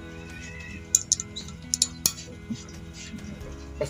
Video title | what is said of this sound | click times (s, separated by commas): Beginilah jadinya kalo TV ganti mesin | sudah terkunci lalu tutup kapnya baik | 0.9 s, 1.7 s, 2.1 s